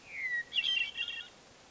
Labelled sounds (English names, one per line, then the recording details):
Hermit Thrush
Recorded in Sonoma County, California